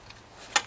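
The upper half of a connecting rod with its bearing shell is pulled down over the crankshaft journal of a BMW S54 B32 engine from an M3 E46 and aligned until it sits fully home. A sharp metallic knock at 0.6 s marks the rod seating on the journal, with the bearing in the right place.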